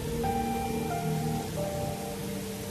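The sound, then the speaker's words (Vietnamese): Heavy pouring rain hisses steadily and evenly throughout, a dense wash of noise with sustained low musical tones humming underneath and no voices. “Hai chữ Diệt Trịnh đỏ rực được viết bằng máu, nhòe dần trong cơn mưa xối xả.”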